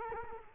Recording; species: mosquito wingbeat signal from an infrared sensor; Culex quinquefasciatus